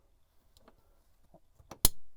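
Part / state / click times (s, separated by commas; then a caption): pop-up roof latch hook onto the van body / seated / 1.9 s. While closing the pop-up roof of a Pilote V540G van, a small latch hook on one side is hooked onto the van body and pushed until it clicks. Faint ticks and handling sounds come first, with a slightly louder tick at 1.7 s. Then a sharp, loud click at 1.9 s rings out to the end as the latch seats closed.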